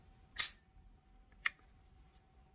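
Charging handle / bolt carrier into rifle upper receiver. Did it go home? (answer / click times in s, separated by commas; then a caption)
yes / 0.4 s. During reassembly of an AR-15 rifle, the charging handle or bolt carrier is pressed into the metal upper receiver until it clicks home, with a sharp, bright click at 0.4 s. A second, quieter short click follows at 1.5 s over a faint steady hum, and the part is seated and the assembly is together.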